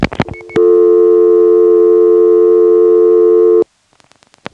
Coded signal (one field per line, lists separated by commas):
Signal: telephone call progress tone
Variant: North America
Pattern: dial tone